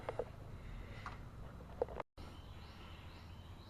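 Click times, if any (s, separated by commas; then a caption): none. On a 2007 Saab 9-3 2.0T, an ignition coil's rubber boot is pushed down the spark plug tube in the cylinder head onto a new spark plug. Only steady background noise is heard, with a few faint short ticks and a brief silent gap near 2.1 s. No pop or click occurs; the boot goes fully down without seating audibly.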